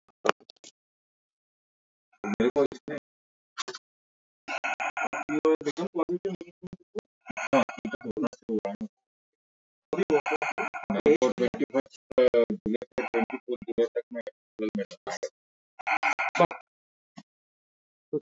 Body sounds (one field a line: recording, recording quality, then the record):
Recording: shallow breathing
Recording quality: moderate, slight background noise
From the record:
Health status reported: respiratory illness, not identified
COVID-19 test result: negative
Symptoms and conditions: cough, chronic lung disease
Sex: male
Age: 68 years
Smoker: not ticked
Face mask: not worn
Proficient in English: yes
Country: India